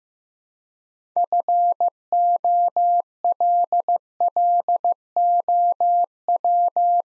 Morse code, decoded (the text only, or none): FOLLOW